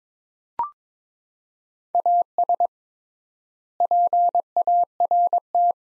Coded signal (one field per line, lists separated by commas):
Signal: Morse code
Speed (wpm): 22 wpm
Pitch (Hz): 700 Hz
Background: none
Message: AS PART